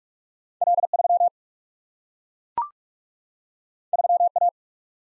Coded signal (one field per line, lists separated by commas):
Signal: Morse code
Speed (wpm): 44 wpm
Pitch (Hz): 700 Hz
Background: none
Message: L 3 3 A